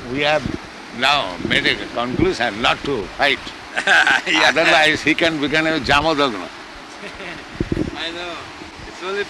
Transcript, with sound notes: We have now made a conclusion not to fight. [laughs]
Yes.
Otherwise he can become a Jamadagna.
I know.